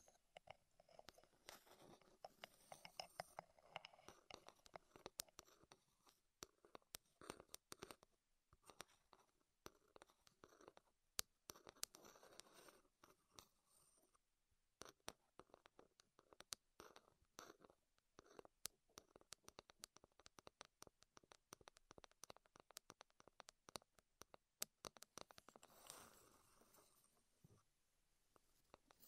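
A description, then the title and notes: ASMR wooden triggers fill the clip with dense, rapid clicks and taps that keep up steadily, plus soft scraping rustles and brief quieter pauses. ASMR Wood Triggers in Your Ears (No Talking).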